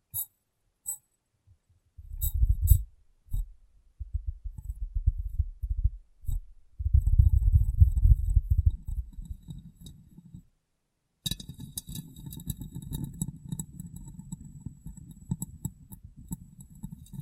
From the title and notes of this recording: ASMR Glass Brain Tapping & Cleaning (No Talking).